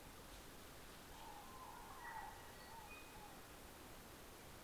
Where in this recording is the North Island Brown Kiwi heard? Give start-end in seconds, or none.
none